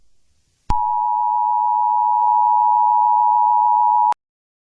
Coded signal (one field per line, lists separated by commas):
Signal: Emergency Alert System (SAME) tones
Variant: 853 and 960 Hz attention tone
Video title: EAS SCENARIO #46: I-Ready Characters